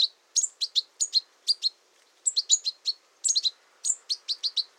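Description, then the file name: European goldfinch calls: sharp tinkling chirps grouped in short runs, separated by short gaps, clean and without other animals. "Carduelis carduelis"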